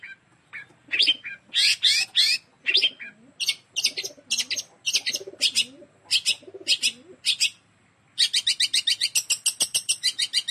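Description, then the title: Long-tailed shrike song: rapid, harsh high chattering notes in bursts, mixed with lower wavering cooing tones, ending in a fast, steady run of repeated scratchy notes. Song style given locally as "kombinasi" (combination). "Cendet Kombinasi"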